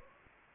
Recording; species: mosquito wingbeat signal from an infrared sensor; Anopheles gambiae